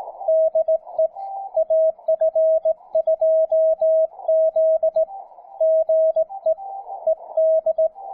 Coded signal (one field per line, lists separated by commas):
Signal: Morse code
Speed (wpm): 17 wpm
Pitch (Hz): 640 Hz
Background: music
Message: DE AF2Z GE ED